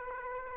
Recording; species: mosquito wingbeat signal from an infrared sensor; Aedes aegypti